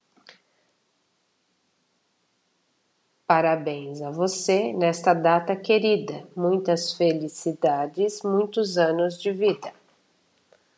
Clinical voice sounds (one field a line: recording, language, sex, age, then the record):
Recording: short text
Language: Brazilian Portuguese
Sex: female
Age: 50 to 59 years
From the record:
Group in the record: control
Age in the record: 53 years